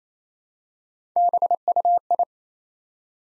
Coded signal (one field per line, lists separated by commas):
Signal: Morse code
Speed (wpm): 29 wpm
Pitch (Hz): 700 Hz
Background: none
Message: BUI